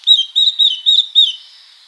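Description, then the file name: Eurasian blackcap: five short, bright notes near the same pitch in quick succession, each with a slight downward bend, in an otherwise quiet background. "Sylvia atricapilla"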